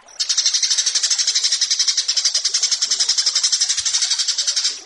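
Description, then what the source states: Australasian bushlark song, a continuous high rasping trill of evenly pulsed notes lasting nearly five seconds. Recording used as song tutoring material for training kept birds.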